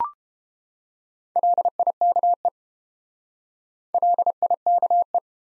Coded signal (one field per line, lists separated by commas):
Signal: Morse code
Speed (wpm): 29 wpm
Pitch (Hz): 700 Hz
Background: none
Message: LIKE LIKE